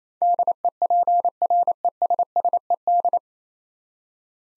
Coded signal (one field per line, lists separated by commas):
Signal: Morse code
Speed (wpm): 27 wpm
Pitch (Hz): 700 Hz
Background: none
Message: DEPRESSED